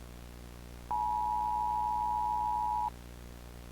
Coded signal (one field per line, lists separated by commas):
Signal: Emergency Alert System (SAME) tones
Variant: 853 and 960 Hz attention tone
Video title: EAS Alert : "Look Outside"